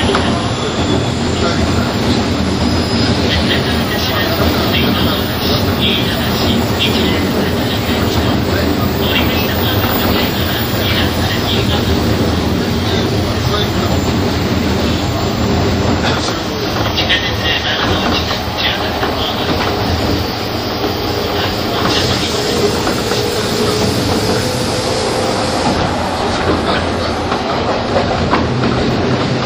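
A 201-series Chuo Line rapid train between Tokyo and Takao rolls along with a steady, dense rumble and rattle that holds level for the whole half minute. Brief clanks and squeals flicker through, and faint voices surface now and then beneath the running noise.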